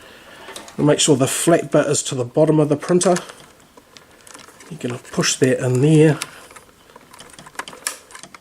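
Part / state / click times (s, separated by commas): power adapter plug into receipt printer socket / seated / 7.9 s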